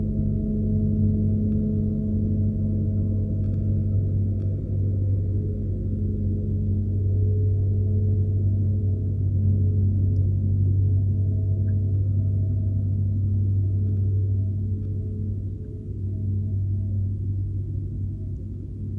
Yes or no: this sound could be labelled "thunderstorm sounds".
no